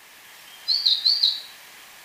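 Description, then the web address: Orange-bellied euphonia sings a single quick phrase of four buzzy, high notes run closely together. Ecuador. "Natures Songs S America Birds of Ecuador Orange-bellied Euphonia"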